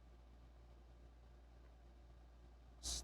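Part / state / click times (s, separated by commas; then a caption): small plastic toy part into figure assembly / not seated / none. A small plastic toy part, part 214, is being handled as it is pushed toward a Blokees Classic Class Optimus Prime block figure, with a steady low hum underneath. A short, loud, bright burst of noise comes in at about 2.8 s, right as the clip ends. Nothing has seated or clicked yet.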